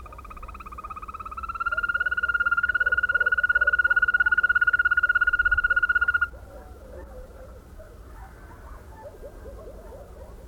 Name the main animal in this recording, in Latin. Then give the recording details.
Bufo viridis. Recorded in the wild. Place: Albesti, Transilvania, RO. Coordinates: 46.258, 24.86. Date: 1973-04-28. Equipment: Nagra III BH, Sennheiser MD 21, parabola. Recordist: Schubert, Michael. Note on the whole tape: Wechselkröte